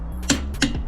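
A wheel nut on a wheel spacer stud of a Mercedes A45s AMG is checked with a click-type torque wrench, which clicks at its setting. Two short, sharp clicks are heard at 0.3 s and 0.6 s over a steady low background hum. Both confirm the nut has reached torque.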